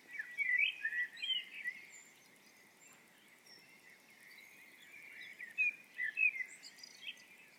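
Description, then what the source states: Birds singing, clusters of sharp, sweet chirped notes at the start and near the end, with a thin continuous twittering between. Birds singing at dawn.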